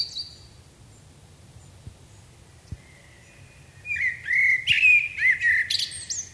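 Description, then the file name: Common blackbird song: a few seconds of near quiet with one thin high note, then a mellow warbled phrase that breaks into squeaky, scratchy twittering. "Turdus merula"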